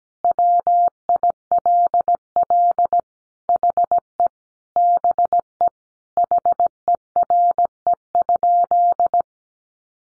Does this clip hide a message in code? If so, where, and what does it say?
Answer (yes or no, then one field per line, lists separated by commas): yes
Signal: Morse code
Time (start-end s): 0.2-9.2 s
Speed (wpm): 17 wpm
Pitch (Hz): 700 Hz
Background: none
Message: WILL HE BE HERE?